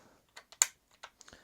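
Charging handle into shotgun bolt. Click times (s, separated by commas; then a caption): 0.6 s. A semi-auto shotgun's charging handle is pushed into the two grooves on the bolt, with soft clicks and scrapes before a sharp, loud pop at 0.6 s as it seats. A few lighter clicks follow after it is in place. There is no talk.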